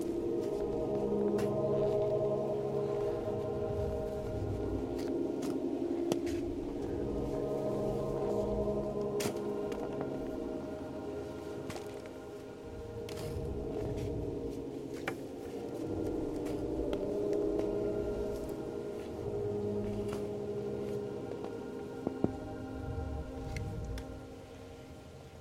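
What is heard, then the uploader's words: Slow meditative synths hold low, sustained tones that swell and shift gently throughout, ringing like a gong or singing bowl. Short clicks and taps from yard work break in every few seconds, with a sharper knock around twenty-two seconds. A stereo recording of working in the yard and slow meditative synths.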